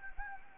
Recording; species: mosquito wingbeat signal from an infrared sensor; Anopheles gambiae